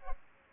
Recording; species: mosquito wingbeat signal from an infrared sensor; Aedes aegypti